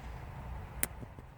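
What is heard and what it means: A small white plastic terminal locking latch on top of a car wiring connector is pressed down until it snaps closed, seating the connector during an electronic retractable spoiler retrofit on a B8/B8.5 Audi A5/S5. A single sharp, bright click is heard at 0.8 s, with faint softer ticks after it over low background rumble.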